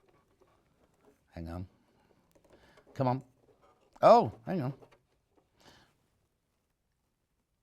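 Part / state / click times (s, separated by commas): threading selector dial on an overlocker / not seated / none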